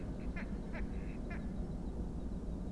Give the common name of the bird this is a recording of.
Mallard